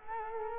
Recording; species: mosquito wingbeat signal from an infrared sensor; Culex quinquefasciatus